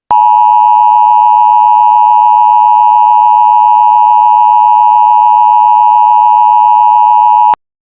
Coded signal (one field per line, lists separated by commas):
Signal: Emergency Alert System (SAME) tones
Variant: 853 and 960 Hz attention tone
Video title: [EAS SCENARIO] March 22nd 2007 Tsunami